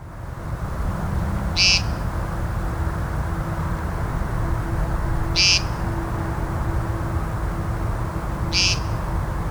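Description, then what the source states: American woodcock giving three short peent calls, spaced a few seconds apart, over a low steady background rumble. Males call after dusk and before dawn in spring on territorial display grounds (lek) near open meadows and woodland, eastern North America; audio modified for high-frequency hearing loss.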